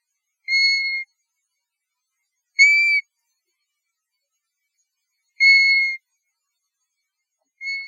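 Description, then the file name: European golden plover calls: four mournful pure whistles, each brief and gently descending, repeated at irregular intervals of two to three seconds, nothing else audible. "Pluvialis apricaria - European Golden Plover"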